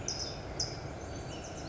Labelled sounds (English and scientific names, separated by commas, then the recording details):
California Towhee (Melozone crissalis)
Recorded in Sonoma County, California